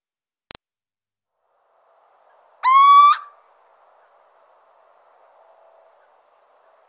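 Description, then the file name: Little owl giving one rising, mewing note after a brief click, then quiet until another sound starts at the very end. "Cheveche-d Athena"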